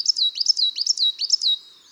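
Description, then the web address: Coal tit song: a fast, high, see-saw two-note phrase repeated four times without pause, thin and ringing. Recorded in March. "Mars La Mesange noire. les-4-saisons-des-chants-doiseaux"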